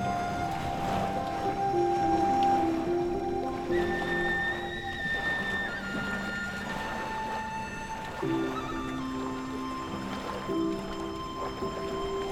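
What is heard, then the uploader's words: Gentle flutes play slow, held notes that step between pitches, with a new phrase starting around eight seconds. Underneath, a steady rushing wash of ocean waves runs throughout, keeping the overall level even from start to finish. Gentle Flutes at the Ocean's Edge.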